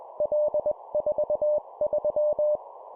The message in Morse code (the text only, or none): L43